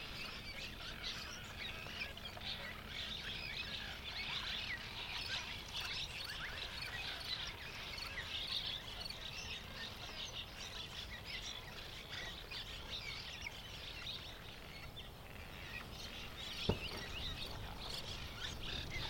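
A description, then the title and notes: A dense, continuous chatter of cliff swallows fills the clip, countless high twittering calls blending into a steady wash with no pauses. Low rumbling wind or noise runs underneath, and a single sharp click stands out near the seventeenth second. Cliff Swallows at Late-Morning At Columbia National Wildlife Refuge. Traveling into the refuge, I came upon a Cliff Swallow rookery. Thousands of swallows, darting in and out of the cliff, hanging in hundreds or thousands of nests. A great cloud of swallows would pester the hawk until it left.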